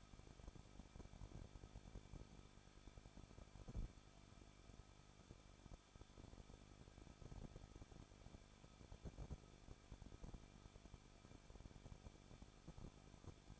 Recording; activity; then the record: daily activity, microphone in the room; no activity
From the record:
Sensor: 5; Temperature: 20.9 degrees Celsius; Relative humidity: 38.2%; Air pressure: 1006.4 hPa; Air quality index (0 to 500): 187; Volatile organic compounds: 18 ppm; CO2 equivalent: 2622 ppm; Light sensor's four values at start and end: 2/3/1/1 and 2/3/1/1